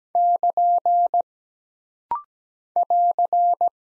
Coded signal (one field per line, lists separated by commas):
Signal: Morse code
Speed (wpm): 17 wpm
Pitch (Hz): 700 Hz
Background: none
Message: <KN> <AR>